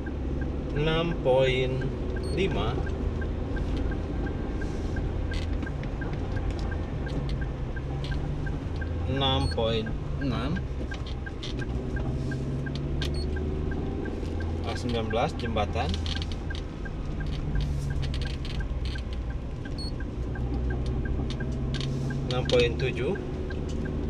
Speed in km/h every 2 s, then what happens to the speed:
42, 41, 41, 40, 37, 34, 35, 33, 34, 34, 34, 36.
0-13 slows to 33. 13-24 steady at about 34.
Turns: 7-11.